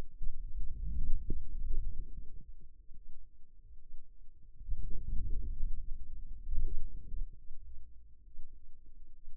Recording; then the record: forearm muscle sounds (acoustic myography)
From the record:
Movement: outward rotation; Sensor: system 2, bracelet of six BSWA MPA416 microphones around the upper forearm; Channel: 5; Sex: male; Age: 22 years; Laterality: right